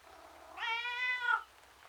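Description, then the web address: Domestic cat giving one drawn-out meow that holds steady for almost a second before cutting off. Male tom cat outdoors, described as miserable. "The BBC Sound Effects Library - Complete 60 CDs Collection. Miserable Tom Cat Outside"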